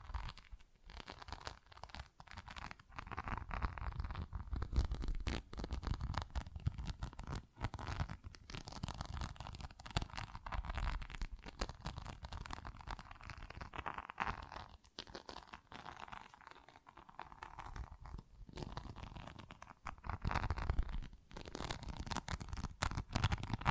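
Dense scratching and crinkly tapping runs through the whole stretch, with rapid irregular strokes and brief pauses scattered throughout. The texture is rough and papery, with a low rubbing undertone beneath brighter scraping, staying busy and fairly even in loudness from start to finish.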